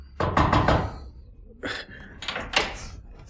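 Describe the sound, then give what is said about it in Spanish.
Knuckles rap on a wooden door to a room at the top of a staircase in a quick burst of several knocks, then a few more sharp knocks follow after a short pause. No one speaks. “Subió precipitadamente la escalera, llamó con los nudillos en la puerta y”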